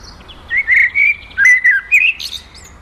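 Common blackbird song phrase, mellow fluted whistles sliding up and down, finishing in a brief, higher, scratchy twitter.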